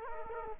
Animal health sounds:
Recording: mosquito wingbeat signal from an infrared sensor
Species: Culex quinquefasciatus

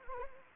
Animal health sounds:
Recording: mosquito wingbeat signal from an infrared sensor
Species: Anopheles arabiensis

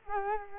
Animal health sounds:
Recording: mosquito wingbeat signal from an infrared sensor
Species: Culex quinquefasciatus

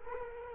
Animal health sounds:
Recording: mosquito wingbeat signal from an infrared sensor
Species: Culex quinquefasciatus

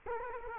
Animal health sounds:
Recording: mosquito wingbeat signal from an infrared sensor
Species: Culex quinquefasciatus

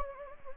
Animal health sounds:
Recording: mosquito wingbeat signal from an infrared sensor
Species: Anopheles gambiae

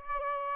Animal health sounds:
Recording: mosquito wingbeat signal from an infrared sensor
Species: Aedes albopictus

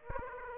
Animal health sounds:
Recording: mosquito wingbeat signal from an infrared sensor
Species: Aedes aegypti

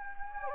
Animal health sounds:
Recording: mosquito wingbeat signal from an infrared sensor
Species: Anopheles gambiae

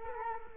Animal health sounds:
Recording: mosquito wingbeat signal from an infrared sensor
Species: Culex quinquefasciatus

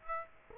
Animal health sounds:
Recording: mosquito wingbeat signal from an infrared sensor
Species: Aedes aegypti

